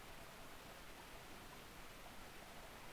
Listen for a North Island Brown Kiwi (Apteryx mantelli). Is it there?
no